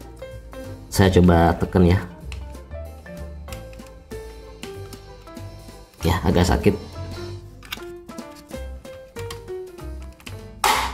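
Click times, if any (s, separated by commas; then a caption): 10.6 s. The plastic retaining tab of a cigarette lighter socket in the dashboard panel of a Grand Livina is pressed through a cloth while someone talks over background music. A sharp click sounds at 10.6 s as the retaining clip releases, freeing the socket to come out of the dash.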